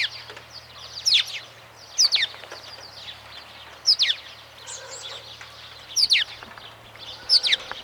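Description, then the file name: House sparrow call notes, clusters of sharp downward chirps at irregular intervals, with softer chatter between and a low hum beneath at first. "Passer domesticus"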